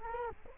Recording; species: mosquito wingbeat signal from an infrared sensor; Culex quinquefasciatus